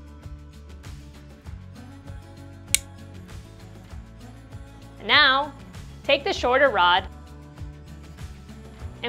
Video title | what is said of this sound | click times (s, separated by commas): How To Assemble - Bed Assistance Handle - By PELEGON | when attached you should also hear a similar snap | 2.7 s